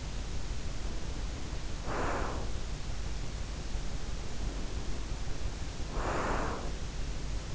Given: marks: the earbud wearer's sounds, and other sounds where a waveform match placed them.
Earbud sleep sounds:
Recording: sounds in sleep by an in-ear microphone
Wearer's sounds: breath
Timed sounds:
0.77-2.62 s: breath
4.12-6.91 s: breath

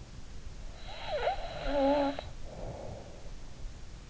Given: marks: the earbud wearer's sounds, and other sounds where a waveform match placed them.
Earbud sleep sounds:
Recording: sounds in sleep by an in-ear microphone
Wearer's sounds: snoring breath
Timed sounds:
0.80-3.19 s: snoring breath

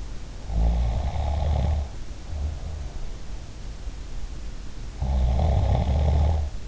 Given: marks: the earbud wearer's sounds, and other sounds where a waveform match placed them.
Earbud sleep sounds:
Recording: sounds in sleep by an in-ear microphone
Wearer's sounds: snoring breath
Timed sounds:
0.46-2.97 s: snoring breath
4.85-6.67 s: snoring breath

